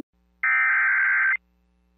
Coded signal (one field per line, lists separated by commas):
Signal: Emergency Alert System (SAME) tones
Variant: header bursts